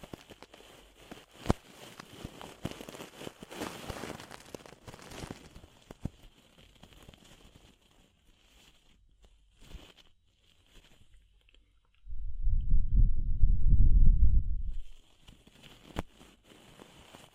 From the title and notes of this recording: ASMR DEEP Ear Penetrating Cleaning (No Talking).